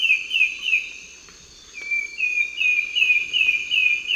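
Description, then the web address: Sooty antbird duet, rapid whistled notes that pause briefly, then a second series starts lower and steps upward, with steady insect buzzing in the background. A duet recorded in the eastern lowlands of South America. "Natures Songs S America Eastern Lowlands Myrmeciza fortis, duet"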